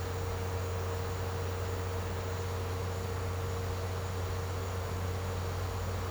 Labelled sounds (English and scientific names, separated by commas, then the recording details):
none
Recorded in secondary vegetation near Puerto Asís, Putumayo, Colombia, on 21 March 2025 at 14:00
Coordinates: 0.468, -76.324
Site G059